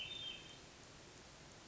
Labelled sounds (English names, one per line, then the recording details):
Hermit Thrush
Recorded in Sonoma County, California